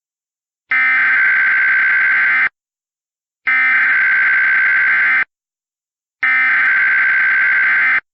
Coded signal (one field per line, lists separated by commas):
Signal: Emergency Alert System (SAME) tones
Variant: header bursts